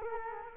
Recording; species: mosquito wingbeat signal from an infrared sensor; Culex quinquefasciatus